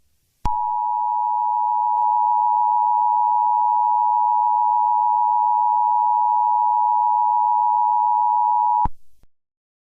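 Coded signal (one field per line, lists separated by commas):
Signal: Emergency Alert System (SAME) tones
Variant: 853 and 960 Hz attention tone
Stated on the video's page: Fictional simulated EAS scenario, not a real alert.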